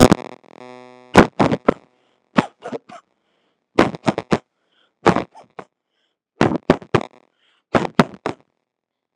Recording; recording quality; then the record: shallow voluntary cough; moderate, slight background noise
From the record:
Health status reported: healthy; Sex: male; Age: 33 years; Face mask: not worn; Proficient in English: yes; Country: India